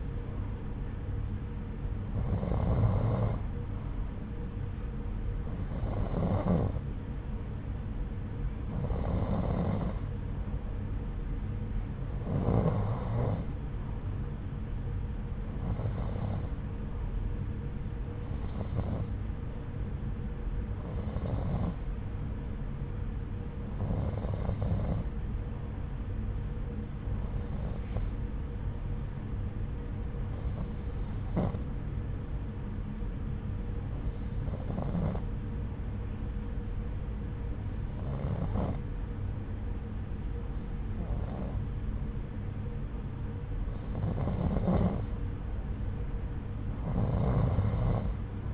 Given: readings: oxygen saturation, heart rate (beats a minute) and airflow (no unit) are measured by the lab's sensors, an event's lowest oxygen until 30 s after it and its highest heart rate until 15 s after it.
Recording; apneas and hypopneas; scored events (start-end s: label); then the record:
breathing in sleep by a smartphone at the bedside; none
none scored
From the record:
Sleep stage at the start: N2 (light sleep); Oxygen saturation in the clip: 90 to 91%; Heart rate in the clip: 71 to 79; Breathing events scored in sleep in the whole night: 303 in 8.1 hours asleep